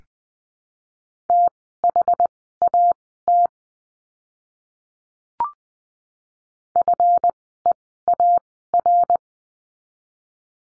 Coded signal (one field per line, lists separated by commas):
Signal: Morse code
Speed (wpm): 20 wpm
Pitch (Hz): 700 Hz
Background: none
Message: THAT FEAR